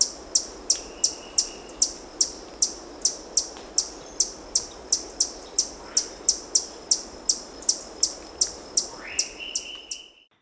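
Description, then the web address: Brown Inca giving sharp, very high chips about three times a second in a steady run, with a faint level tone and a rising whistle near the end. Recorded in Ecuador. "Natures Songs S America Birds of Ecuador Brown Inca"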